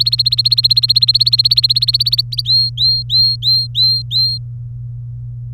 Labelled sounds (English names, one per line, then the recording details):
Domestic Canary song
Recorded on 23 April 2018 at 17:31
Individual llb3